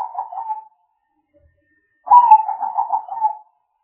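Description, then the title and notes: Spotted dove giving the tail of one pulsing coo, then after a short pause a full hoarse, throbbing coo phrase. Calls of the bird used as a lure (pikat). "Pikat Burung Tekukur. Kumpulan suara burung tekukur"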